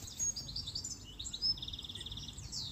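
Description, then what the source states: European goldfinch song, a quick run of high twittering notes with a rapid repeated trill. Heard in the background while walking up a lane in Geneva; song described as somewhat fluted with repeated notes, a little hoarse.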